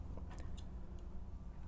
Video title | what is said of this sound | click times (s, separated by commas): Lexus GX460 Parking Brake Repair | and i twisted this cap until it locked into place just like this | 0.4 s